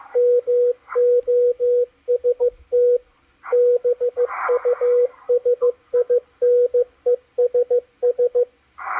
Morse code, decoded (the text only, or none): MOST BUSINESS